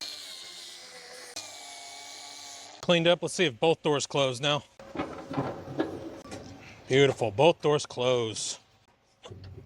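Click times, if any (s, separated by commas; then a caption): 9.4 s. Someone talks while the rear doors of a Diamond C 14K dump trailer are closed, with a few short knocks in between. At 9.4 s a single sharp hit sounds as the newly welded steel door latch engages. The latch locks in, confirming the welding fix worked.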